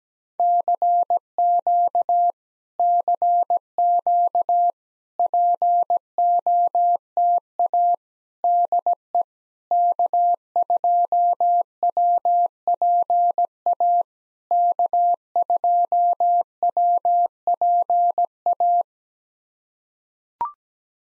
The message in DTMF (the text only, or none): none